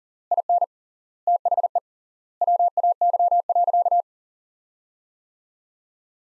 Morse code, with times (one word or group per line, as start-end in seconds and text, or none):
0.3-0.6 IN
1.3-1.8 THE
2.4-4.0 WAY.